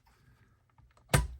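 A plug is pushed into an outlet of an LDNIO surge protector power strip (8 outlets, 4 USB ports, QC 22.5W / PD 18W). After a few faint scrapes around 0.8 and 1.0 seconds, it seats with a sharp, loud click at 1.1 seconds, followed by a brief lower rumble. The fit is firm and positive, so the plug won't pop out easily.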